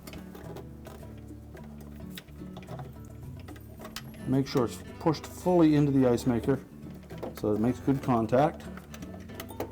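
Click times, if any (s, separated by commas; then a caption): none. A wiring harness connector is handled at a refrigerator ice maker while someone talks, with a steady low hum and a few faint ticks underneath. The plug is being pushed into the ice maker so it makes good contact, but nothing has seated or clicked yet.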